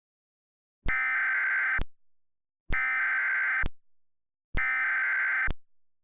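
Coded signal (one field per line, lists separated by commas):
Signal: Emergency Alert System (SAME) tones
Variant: header bursts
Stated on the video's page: Fictional scenario whose alert tones are stated to be valid.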